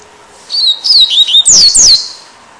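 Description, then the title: Double-collared Seedeater phrase of clear high whistles sliding down in pitch, building to two loud, sweeping final notes. "Canto Coleiro"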